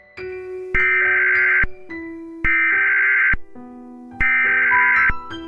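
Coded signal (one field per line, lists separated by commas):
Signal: Emergency Alert System (SAME) tones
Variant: header bursts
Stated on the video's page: EAS SAME tones in an animated film based on a fictional EAS apocalypse scenario, a simulated alert.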